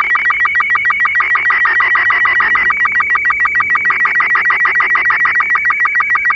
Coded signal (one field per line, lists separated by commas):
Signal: SSTV (slow-scan television)